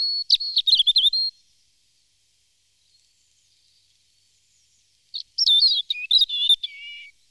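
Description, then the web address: European robin singing two separate phrases of high warbling and trilled notes, divided by about four seconds of silence. "chants d'oiseaux Jean C Roche - Rouge-gorge"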